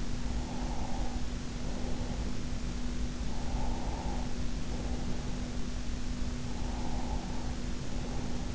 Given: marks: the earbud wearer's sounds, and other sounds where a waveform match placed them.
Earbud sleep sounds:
sounds in sleep by an in-ear microphone; breath
0.34-2.44 s: breath
3.28-5.48 s: breath
6.48-8.54 s: breath

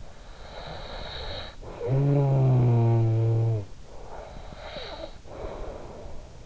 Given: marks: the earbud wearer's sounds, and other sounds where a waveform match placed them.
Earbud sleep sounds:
sounds in sleep by an in-ear microphone; snoring breath
0.11-3.78 s: snoring breath
3.95-6.46 s: snoring breath

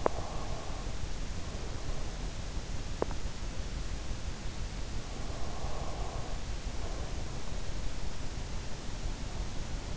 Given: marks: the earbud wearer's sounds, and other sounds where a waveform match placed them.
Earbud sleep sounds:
sounds in sleep by an in-ear microphone; breath
0.00-2.54 s: breath
5.06-7.40 s: breath

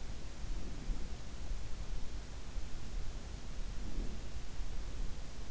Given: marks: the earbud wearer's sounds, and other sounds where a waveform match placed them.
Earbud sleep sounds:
sounds in sleep by an in-ear microphone; breath
0.17-0.90 s: breath
3.61-4.41 s: breath

